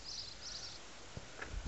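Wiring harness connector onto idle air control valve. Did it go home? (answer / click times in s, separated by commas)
yes / 1.4 s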